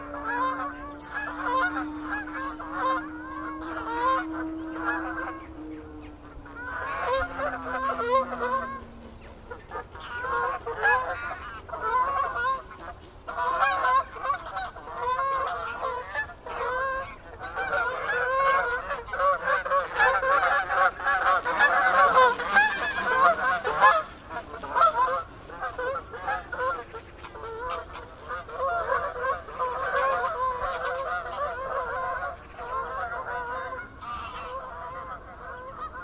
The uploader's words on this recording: Gaggles of geese, River Thame, England, UK. I was out in the fields by the River Thame yesterday morning and the geese were clearly excited by the amount of water across the meadows.